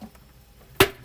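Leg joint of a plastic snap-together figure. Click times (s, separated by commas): 0.8 s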